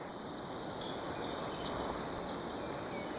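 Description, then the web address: Vermilion tanager uttering short, sharp, very high-pitched notes, several in loose pairs, against constant rushing background noise. Ecuador. "Natures Songs S America Birds of Ecuador Vermilion Tanager"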